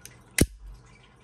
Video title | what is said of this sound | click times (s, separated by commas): Trigger Explanation. #gun #education #firearms #p80 #polymer80 #instagram #tiktok #shooting #shorts | hear it snap once it sets itself in | 0.4 s